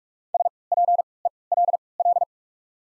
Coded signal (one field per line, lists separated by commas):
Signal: Morse code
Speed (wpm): 48 wpm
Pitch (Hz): 700 Hz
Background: none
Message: S P E L L